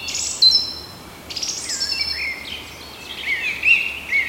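Song thrush song, a short burst of varied high whistles and sharp chirpy notes, some sliding downward, with faint background hiss.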